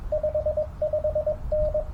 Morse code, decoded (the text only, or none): 55N